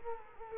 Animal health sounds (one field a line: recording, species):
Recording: mosquito wingbeat signal from an infrared sensor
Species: Culex quinquefasciatus